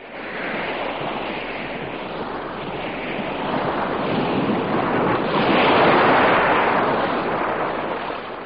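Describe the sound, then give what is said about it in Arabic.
Steady rushing of sea waves with a broad, hissing wash that swells louder toward the end, mixed with gusty wind noise and no voices. “أتدري يا جاسم أنني كلما تأملت موج البحر تذكرت تلك الرحلات التي لا تعد ولا تحصى، والتي قطعتها ذهابا وإيابا طوال ما يربو على 50 سنة، حتى أنني لا أتصور حياتي بعيدا عن هذا المارج العظيم.”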